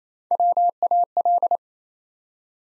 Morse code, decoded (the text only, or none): WAL